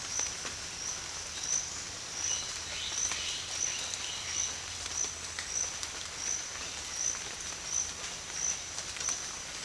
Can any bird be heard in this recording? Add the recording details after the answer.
yes. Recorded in dense forest near Puerto Asís, Putumayo, Colombia, on 27 June 2025 at 08:30. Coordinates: 0.468, -76.322. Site GP03